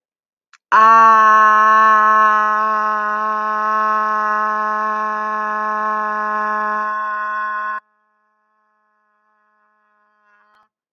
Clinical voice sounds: vowel held as long as possible; female; 20 to 29 years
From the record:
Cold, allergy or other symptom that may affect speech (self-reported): no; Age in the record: 22 years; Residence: Michigan, United States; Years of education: 12

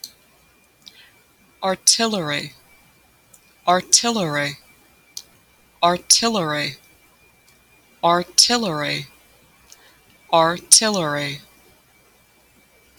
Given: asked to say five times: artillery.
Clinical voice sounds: repeated word; female; 30 to 39 years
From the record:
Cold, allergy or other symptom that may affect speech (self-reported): no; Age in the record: 30 years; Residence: Minnesota, United States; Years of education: 17

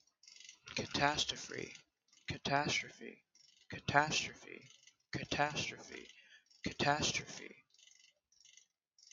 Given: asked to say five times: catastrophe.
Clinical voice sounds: repeated word; male; 20 to 29 years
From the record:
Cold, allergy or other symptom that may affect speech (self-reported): yes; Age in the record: 27 years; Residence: California, United States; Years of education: 17

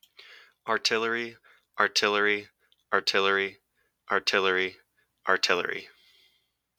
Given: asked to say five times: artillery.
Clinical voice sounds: repeated word; male; 20 to 29 years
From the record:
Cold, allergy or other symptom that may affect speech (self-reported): no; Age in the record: 24 years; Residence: Ohio, United States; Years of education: 17

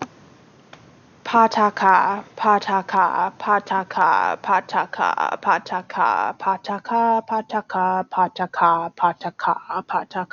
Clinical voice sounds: repeated syllables /pa ta ka/; female; 30 to 39 years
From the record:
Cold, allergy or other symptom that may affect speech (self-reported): no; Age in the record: 38 years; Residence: Nevada, United States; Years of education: 12

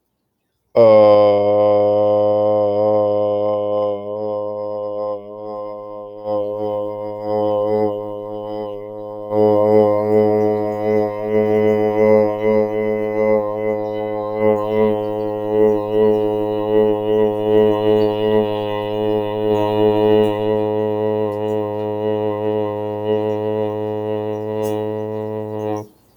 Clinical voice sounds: vowel held as long as possible; male; 20 to 29 years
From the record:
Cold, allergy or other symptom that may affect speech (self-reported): no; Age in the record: 28 years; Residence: Massachusetts, United States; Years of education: 16

